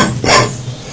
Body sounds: coughing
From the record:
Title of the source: Spring Cold Coughing 3

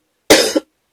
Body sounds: coughing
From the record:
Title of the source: 55 gaggy wet cough

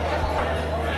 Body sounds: background sound without coughing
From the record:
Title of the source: CITY SOUNDS Busy Bar in the Evening Night - 2 HOURS of Ambiance for Relaxation

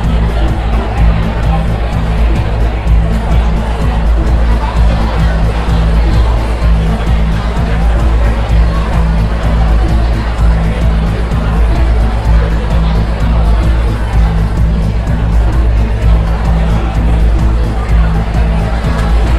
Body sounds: background sound without coughing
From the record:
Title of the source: Party Noise 1 Hour Party Ambience

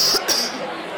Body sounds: coughing mixed with background sound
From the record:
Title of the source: November cold (wet coughing)

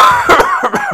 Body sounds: coughing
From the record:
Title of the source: Heavy cold and sore throat coughing.

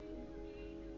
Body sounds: background sound without coughing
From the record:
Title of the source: BackgroundMusic3

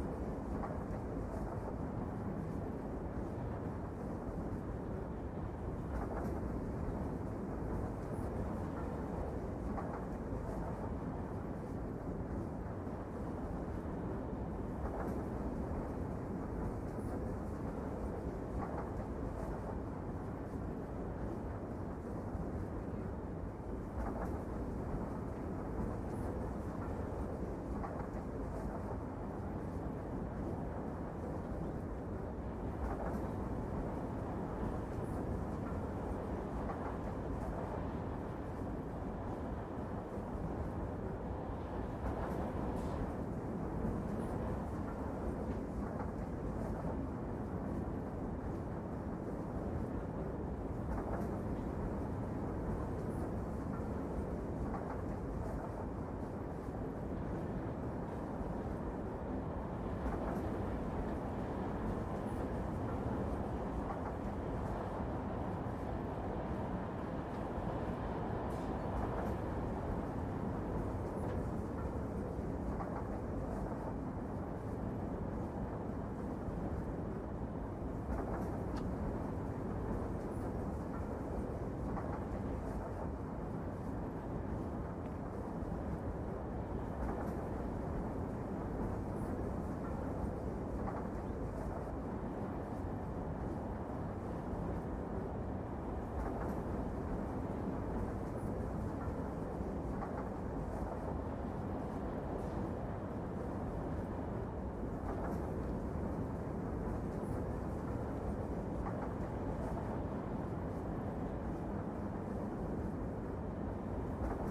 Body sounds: background sound without coughing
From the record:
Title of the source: Train Ride Ambience ambient white noise for sleeping, focus, studying, reading

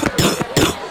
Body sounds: coughing mixed with background sound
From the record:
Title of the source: Wet coughing

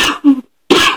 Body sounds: coughing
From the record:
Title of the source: 64 coughing, allergies, singing lungs

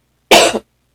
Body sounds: coughing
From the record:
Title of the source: 61 morning phlegmy cough...again

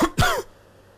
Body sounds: coughing mixed with background sound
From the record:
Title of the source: Coughing 51

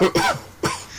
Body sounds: coughing mixed with background sound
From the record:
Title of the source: Dry Coughing Fit in the Afternoon.

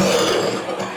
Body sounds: coughing mixed with background sound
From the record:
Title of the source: Cough Around the Clock!

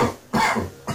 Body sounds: coughing mixed with background sound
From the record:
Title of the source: Spring Cold Coughing 2

